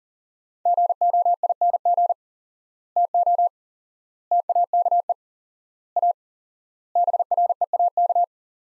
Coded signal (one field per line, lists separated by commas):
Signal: Morse code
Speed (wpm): 40 wpm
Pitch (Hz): 700 Hz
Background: none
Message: GOING TO TAKE A BREAK